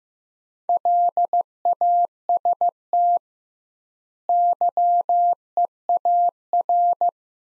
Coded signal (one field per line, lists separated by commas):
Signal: Morse code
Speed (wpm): 15 wpm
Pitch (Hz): 700 Hz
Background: none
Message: LAST YEAR